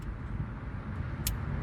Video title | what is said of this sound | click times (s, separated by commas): Best DJI Osmo Action 5 Pro Quick Release? K&F Concept Review | and you just heard it, snap right in. | 1.3 s